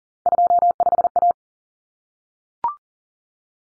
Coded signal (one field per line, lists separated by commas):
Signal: Morse code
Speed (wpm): 40 wpm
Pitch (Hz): 700 Hz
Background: none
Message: 25A